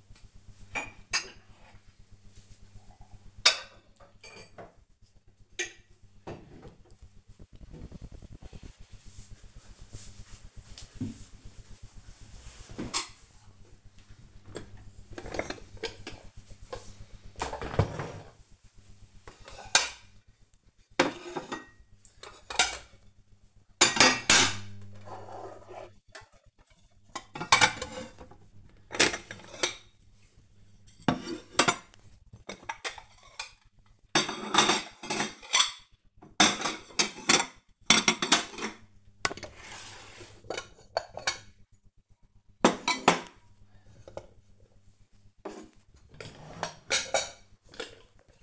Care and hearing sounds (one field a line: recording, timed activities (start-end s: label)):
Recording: household activities, microphone on the right wrist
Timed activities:
14.73-48.43 s: putting away the dishes